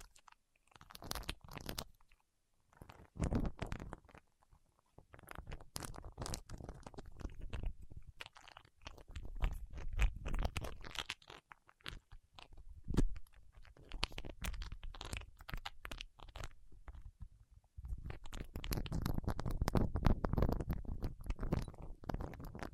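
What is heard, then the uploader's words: Fingertips work at soft wax, making irregular bursts of sticky crackling, squishing and small crunches separated by brief near-silent pauses. The handling comes in uneven clusters of clicks, growing denser, louder and more continuous from about eighteen seconds to the end. ASMR with Wax Fingertips for Sleep (No Talking).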